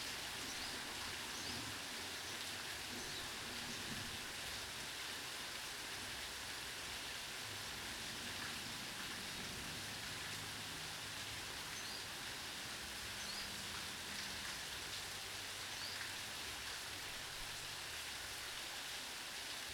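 Steady, dense rain hiss fills the whole clip evenly, bright and unchanging, with faint low rumbling murmurs drifting underneath.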